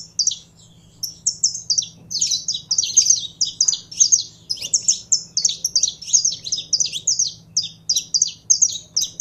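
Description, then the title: Belgian canary delivering a long, lively song of rapid high chirps and trilled phrases, repeated almost without pause throughout. Purebred Belgian canary singing. "Canto Do Canário Belga Puro"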